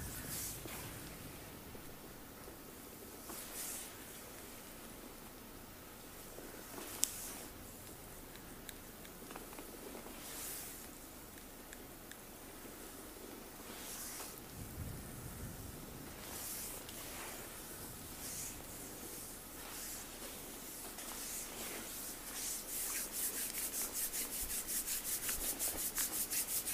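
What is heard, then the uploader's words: A sport massage, heard as steady soft rubbing and brushing strokes against skin. Brighter swipes recur every couple of seconds, with a sharp tap near seven seconds, and the strokes grow faster and hissier toward the end. A faint low hum runs underneath throughout. ASMR Full Body Sport Massage by Olga.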